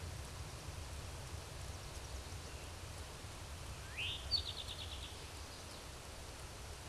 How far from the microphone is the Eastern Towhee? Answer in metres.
about 60 m